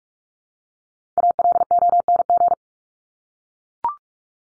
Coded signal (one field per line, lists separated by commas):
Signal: Morse code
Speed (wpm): 44 wpm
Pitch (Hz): 700 Hz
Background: none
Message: ALONG